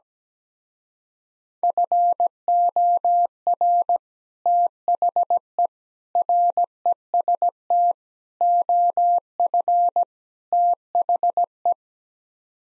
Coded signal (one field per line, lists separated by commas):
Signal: Morse code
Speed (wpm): 17 wpm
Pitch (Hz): 700 Hz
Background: none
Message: FOR THE REST OF THE